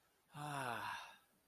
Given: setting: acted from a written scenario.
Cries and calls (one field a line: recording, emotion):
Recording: vocal sound without words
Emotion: contentment